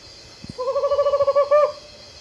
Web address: Natures Songs S America Eastern Lowlands Megascops choliba, song